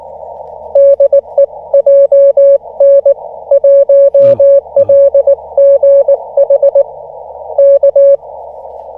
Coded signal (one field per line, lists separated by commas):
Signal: Morse code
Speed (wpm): 19 wpm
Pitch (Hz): 560 Hz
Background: none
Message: DE JN1LGH K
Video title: 三脚を使用しない自立型RHM12/ FTX-1F 10W/ 福島県霊山 登山移動運用/ SOTA POTA Activation at Ryozen Prefectural Nature Park